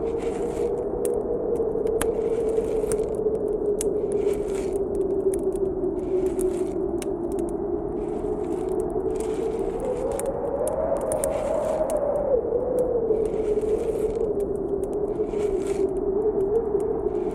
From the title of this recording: Blizzard cave